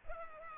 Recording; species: mosquito wingbeat signal from an infrared sensor; Culex pipiens